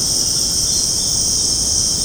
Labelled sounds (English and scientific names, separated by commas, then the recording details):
none
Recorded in secondary vegetation near Puerto Asís, Putumayo, Colombia, on 19 February 2024 at 20:30
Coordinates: 0.489, -76.322
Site G6419